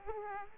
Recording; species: mosquito wingbeat signal from an infrared sensor; Aedes aegypti